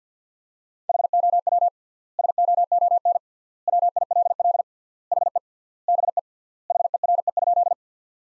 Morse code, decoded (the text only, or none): HOW SOON WILL HE BE HERE?